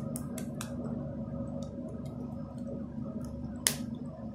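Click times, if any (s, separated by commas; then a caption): 3.7 s. A plastic cap is lined up slot to slot with the body of an Accu-Chek Active lancing device and twisted or pushed on until it locks in place. A few faint ticks are heard early over a low steady hum, then a sharp loud click at 3.7 s marks the cap locking on. No one talks.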